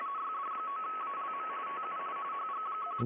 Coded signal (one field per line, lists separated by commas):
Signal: RTTY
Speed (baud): 45.45 baud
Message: YD9ALM TU HG1